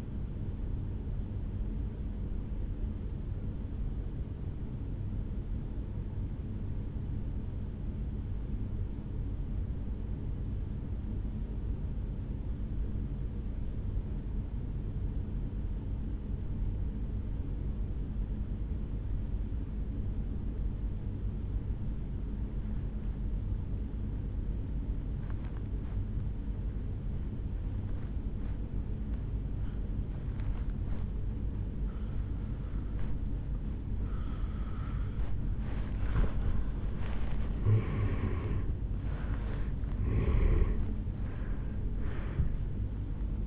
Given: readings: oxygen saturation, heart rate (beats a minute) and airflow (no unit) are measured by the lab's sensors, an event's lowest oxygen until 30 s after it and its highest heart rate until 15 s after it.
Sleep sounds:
breathing in sleep by a smartphone at the bedside; 1
4.00-37.00 s: obstructive apnea (N1, oxygen 97% highest, then 82% lowest, heart rate 52 at the start, 76 highest)
From the record:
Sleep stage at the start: N1 (lightest sleep); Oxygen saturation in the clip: 81 to 97%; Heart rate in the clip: 52 to 75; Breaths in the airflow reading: 4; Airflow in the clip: -12.4 to 7.7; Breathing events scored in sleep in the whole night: 449 in 7.0 hours asleep

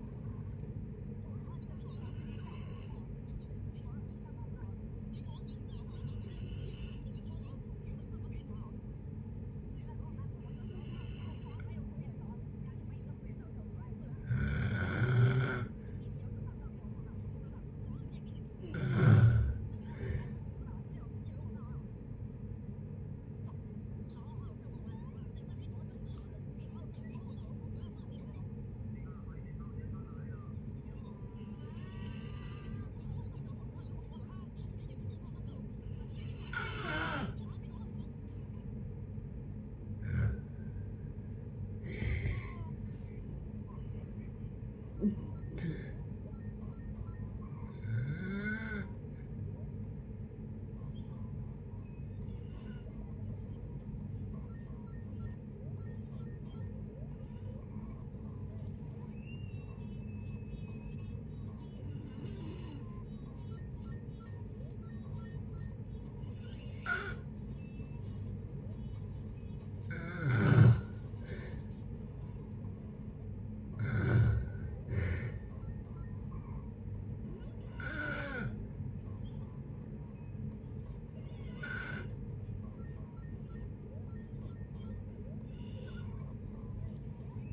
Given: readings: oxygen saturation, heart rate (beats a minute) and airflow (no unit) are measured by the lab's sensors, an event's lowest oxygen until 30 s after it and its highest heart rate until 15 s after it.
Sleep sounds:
a person awake in a sleep study, by a smartphone at the bedside; none
0.00-87.53 s: awake
0.00-87.53 s: awake
From the record:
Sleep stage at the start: awake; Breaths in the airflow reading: 35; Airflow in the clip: -0.7 to 0.7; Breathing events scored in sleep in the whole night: 496 in 5.4 hours asleep

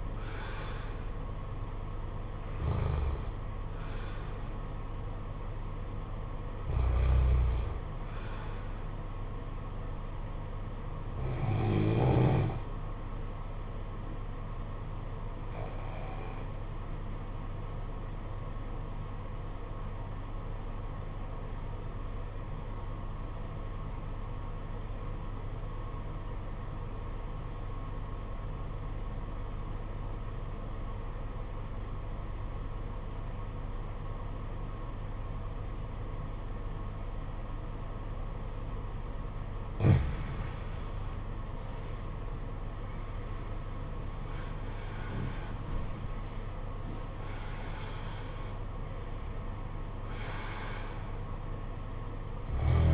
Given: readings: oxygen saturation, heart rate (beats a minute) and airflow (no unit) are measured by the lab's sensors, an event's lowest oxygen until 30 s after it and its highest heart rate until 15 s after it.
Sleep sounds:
breathing in sleep by a smartphone at the bedside; 1
17.00-41.40 s: obstructive apnea (REM, oxygen 95% highest, then 81% lowest, heart rate 47 at the start, 71 highest)
From the record:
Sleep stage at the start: REM sleep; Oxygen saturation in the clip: 73 to 95%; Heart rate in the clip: 46 to 71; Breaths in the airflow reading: 7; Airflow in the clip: -12.1 to 9.4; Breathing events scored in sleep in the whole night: 476 in 9.7 hours asleep

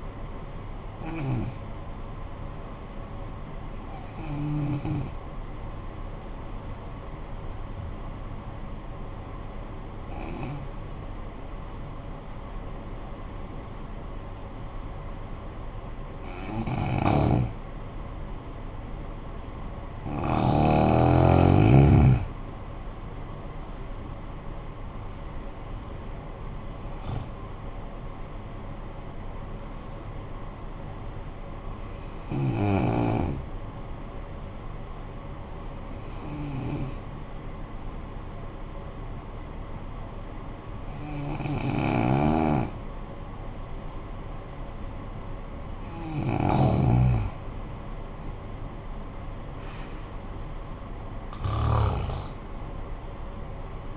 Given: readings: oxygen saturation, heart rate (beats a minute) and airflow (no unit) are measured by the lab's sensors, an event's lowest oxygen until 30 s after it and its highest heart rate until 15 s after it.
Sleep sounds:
breathing in sleep by a smartphone at the bedside; 2
3.00-24.10 s: hypopnea (N2, oxygen 94% highest, then 87% lowest, heart rate 46 at the start, 61 highest)
34.00-47.00 s: hypopnea (N2, oxygen 89% highest, then 87% lowest, heart rate 49 at the start, 76 highest)
From the record:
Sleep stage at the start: N2 (light sleep); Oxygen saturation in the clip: 83 to 95%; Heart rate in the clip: 46 to 66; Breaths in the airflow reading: 8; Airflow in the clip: -18.9 to 15.3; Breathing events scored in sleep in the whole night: 445 in 7.6 hours asleep

